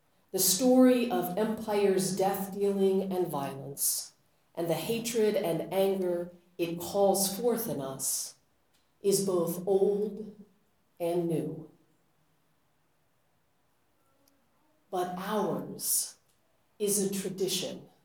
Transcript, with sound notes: The story of Empire’s death-dealing and violence, and the hatred and anger it calls forth in us is both old and new. [pause] But ours is a tradition